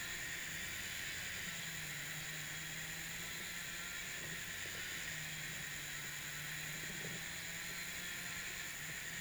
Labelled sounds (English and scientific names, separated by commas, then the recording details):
none
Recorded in pastures near Puerto Asís, Putumayo, Colombia, on 27 June 2025 at 11:30
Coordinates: 0.486, -76.323
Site H29